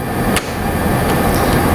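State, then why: Seated. The cover latch on the excimer lamp housing of an Ushio Inc. photo bonding system is pulled through and twisted, and the cover is let fall into place on the photon source unit. Against a steady broadband hum, a single sharp click sounds at 0.4 s as the latch seats into place.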